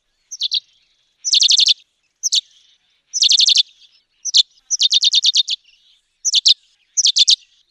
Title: Aplikasi Suara Burung. Chestnut Sparrow (Passer eminibey)